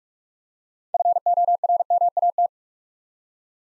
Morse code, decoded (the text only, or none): FORMAT